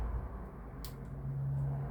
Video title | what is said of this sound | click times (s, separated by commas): Hot Tub Pool Chemical Testing made Easy no testing strips | to check the pH you scroll the dial all the way around to pH till it clicks | 0.9 s